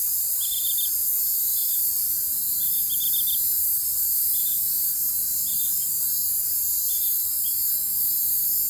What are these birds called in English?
none